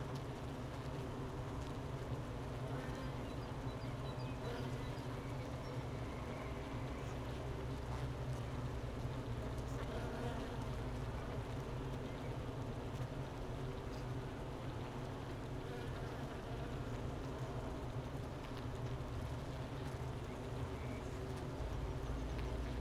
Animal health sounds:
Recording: honeybee colony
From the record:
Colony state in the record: missing queen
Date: 31 May 2018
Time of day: 12:56

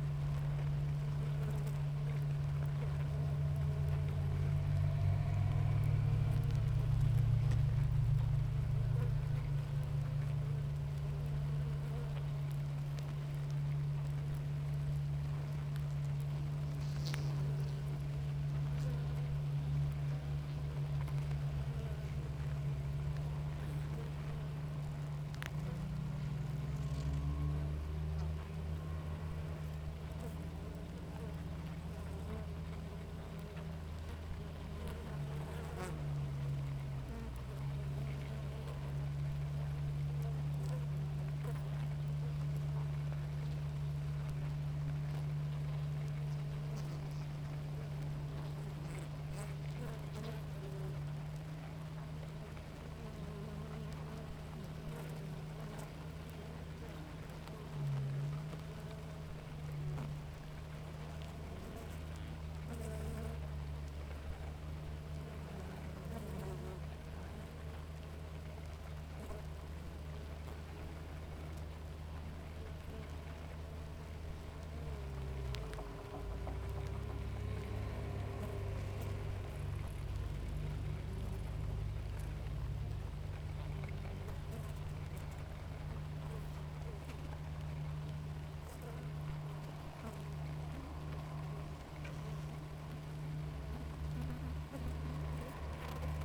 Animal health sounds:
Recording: honeybee colony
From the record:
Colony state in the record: active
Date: 28 July 2017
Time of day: 7:16

